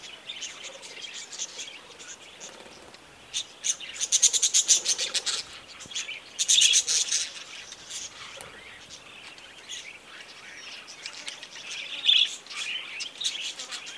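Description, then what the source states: Budgerigars chattering, with two loud rapid runs of sharp chirps and softer warbling between them. Budgerigars near Gosses Bluff, Northern Territory.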